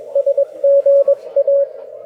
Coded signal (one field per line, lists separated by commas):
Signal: Morse code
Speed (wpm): 19 wpm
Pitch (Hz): 560 Hz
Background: radio noise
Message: SGA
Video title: Satellite and Morse Code Ops @ HRCC Campout